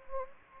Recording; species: mosquito wingbeat signal from an infrared sensor; Anopheles gambiae